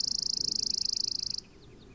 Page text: Richard E Webster - Малая воробьиная овсянка (Spizella passerina)